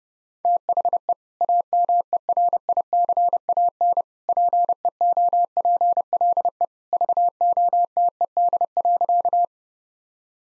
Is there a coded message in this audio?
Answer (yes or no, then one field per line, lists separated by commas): yes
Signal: Morse code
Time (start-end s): 0.4-9.4 s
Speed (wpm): 30 wpm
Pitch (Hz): 700 Hz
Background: none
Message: THE AMERICAN PEOPLE VOTED.